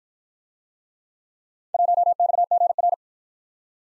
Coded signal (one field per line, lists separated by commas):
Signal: Morse code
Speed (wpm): 51 wpm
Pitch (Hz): 700 Hz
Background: none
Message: 1XGR